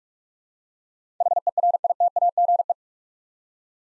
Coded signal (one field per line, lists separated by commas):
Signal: Morse code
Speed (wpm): 42 wpm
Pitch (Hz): 700 Hz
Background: none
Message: HERITAGE